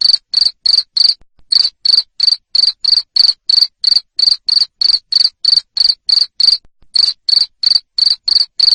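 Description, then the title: A cricket's shrill chirps repeat quickly and evenly, about three per second, with a couple of brief breaks in the sequence. Cricket chirping, played to stimulate lovebirds to sing continuously. "Suara JANGKRIK NGERIK Keras Bikin LOVEBIRD Jadi NGEKEK Terus"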